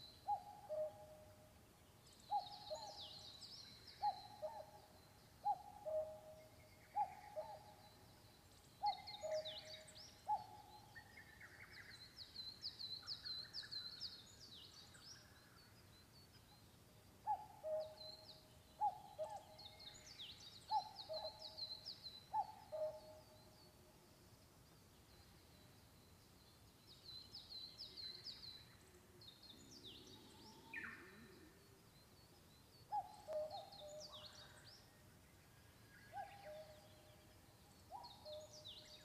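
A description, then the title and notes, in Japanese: On a mountain forest road, a bird repeats short, low hooting notes in quick runs while other birds chirp brightly over a soft hush. MI･YO･TAの森で。御代田町1000m林道にて録音。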